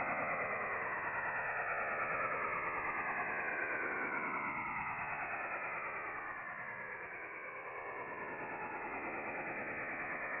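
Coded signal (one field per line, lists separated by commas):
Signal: HF data modem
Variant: STANAG 4285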